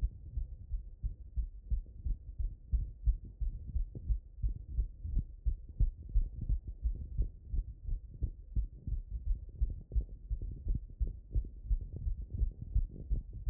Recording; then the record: heart sounds by stethoscope after running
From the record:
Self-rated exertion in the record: moderate exertion (3 of 6); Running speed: 8 mph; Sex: male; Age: 27 years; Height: 188 cm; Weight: 79 kg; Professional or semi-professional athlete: no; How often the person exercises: 3 to 5 times a week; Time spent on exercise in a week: 3 to 4 hours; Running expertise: yes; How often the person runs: 1 to 2 times a week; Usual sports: running, tennis, rock climbing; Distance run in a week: 10 km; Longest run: 42 km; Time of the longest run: 220 minutes